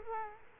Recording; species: mosquito wingbeat signal from an infrared sensor; Culex quinquefasciatus